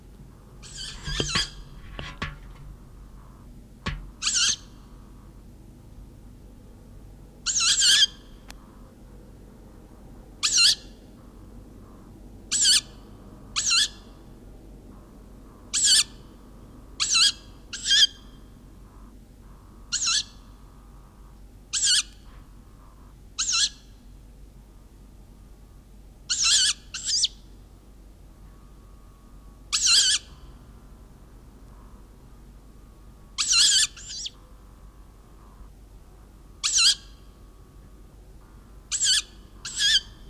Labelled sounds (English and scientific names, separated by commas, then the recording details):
Tawny Owl (Strix aluco) call
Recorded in the wild
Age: juvenile
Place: Blankenburg/Harz, Harz, Sachsen-Anhalt, DE
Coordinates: 51.7917, 10.9633
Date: 1971-07-15
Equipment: Uher 4200 Report-S, Tesla Verstärker, Sennheiser MD 421
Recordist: Tembrock, Günter
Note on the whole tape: Flügge diesjährige Jungvögel, Rufe - auf dem Nachbarhaus